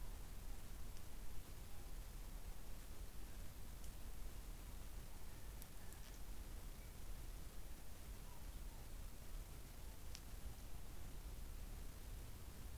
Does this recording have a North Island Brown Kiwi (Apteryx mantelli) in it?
no